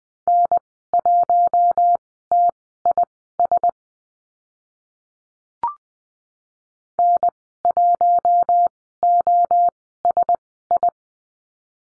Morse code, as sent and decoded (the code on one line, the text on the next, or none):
-. .---- - .. ... / -. .---- --- ... ..
N1TIS N1OSI